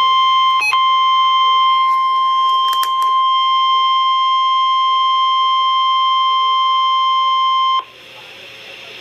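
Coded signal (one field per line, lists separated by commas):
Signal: Emergency Alert System (SAME) tones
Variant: 1050 Hz attention tone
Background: speech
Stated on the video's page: Severe Thunderstorm Warning from NOAA weather radio station KEC60, Milwaukee, WI.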